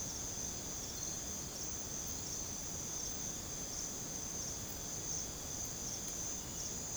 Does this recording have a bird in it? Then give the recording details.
no. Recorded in secondary vegetation near Puerto Asís, Putumayo, Colombia, on 21 December 2024 at 05:00. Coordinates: 0.489, -76.322. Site G059